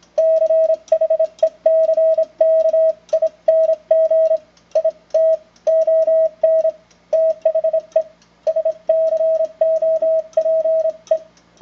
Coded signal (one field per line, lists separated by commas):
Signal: Morse code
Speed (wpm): 26 wpm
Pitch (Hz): 640 Hz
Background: none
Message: CHECKING IT ON THE SCOPE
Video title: Collins 32V2 - 75A4 QSO N4LQ and WB4DBO